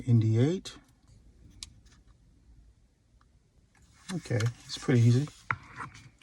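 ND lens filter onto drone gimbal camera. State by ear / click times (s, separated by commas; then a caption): seated / 5.5 s. An ND8 lens filter is pressed onto a drone's gimbal camera lens housing while someone talks. After quiet handling sounds, the filter snaps into place with a sharp click at 5.5 s, and it is seated.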